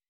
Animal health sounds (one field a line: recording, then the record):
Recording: hydrophone in a shrimp aquaculture tank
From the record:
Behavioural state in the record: weakened